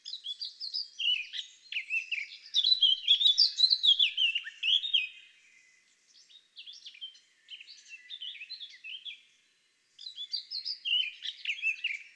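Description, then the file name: Eurasian blackcap song: a loud rich warble, a quieter scratchy passage, a brief pause, then another burst of varied rapid notes. "Sylvia atricapilla"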